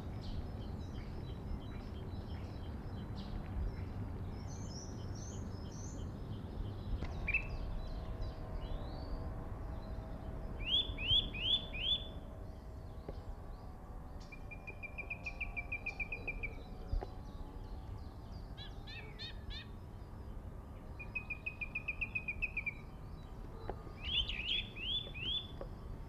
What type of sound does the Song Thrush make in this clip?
song